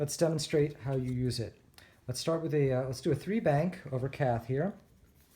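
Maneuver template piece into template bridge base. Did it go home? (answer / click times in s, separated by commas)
no / none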